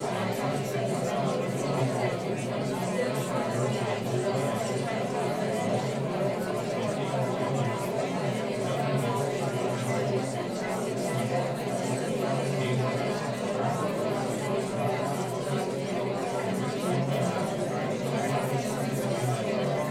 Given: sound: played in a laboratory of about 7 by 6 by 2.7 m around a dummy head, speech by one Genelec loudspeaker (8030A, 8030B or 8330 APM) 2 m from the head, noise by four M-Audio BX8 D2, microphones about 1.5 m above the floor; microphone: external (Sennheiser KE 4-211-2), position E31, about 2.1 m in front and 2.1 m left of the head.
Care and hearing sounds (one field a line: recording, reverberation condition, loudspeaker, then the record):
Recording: babble noise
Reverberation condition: low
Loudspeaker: four, about 170 cm from the corners of the room and facing them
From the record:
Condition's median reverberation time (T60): about 310 ms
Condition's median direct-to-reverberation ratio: about 3.5 dB